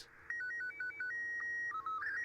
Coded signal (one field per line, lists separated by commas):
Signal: SSTV (slow-scan television)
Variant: Robot 72